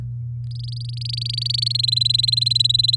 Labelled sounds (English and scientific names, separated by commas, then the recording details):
Domestic Canary (Serinus canaria) song
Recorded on 8 May 2018 at 07:39
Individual llb16